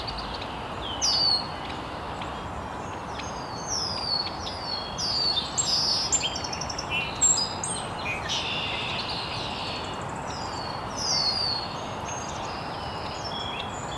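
Birds chirp early in the morning at an estuary, their bright, sweeping calls overlapping almost continuously, with busier bursts around 1, 4 to 8 and 11 seconds. A steady low hiss runs underneath the whole time.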